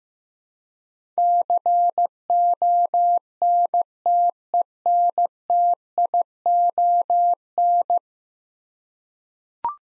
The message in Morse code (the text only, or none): CONTENTION